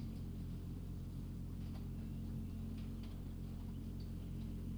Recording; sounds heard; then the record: poultry house recording; healthy chickens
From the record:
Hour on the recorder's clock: 3